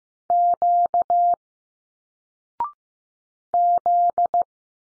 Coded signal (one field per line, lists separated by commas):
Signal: Morse code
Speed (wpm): 15 wpm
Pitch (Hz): 700 Hz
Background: none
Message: Q Z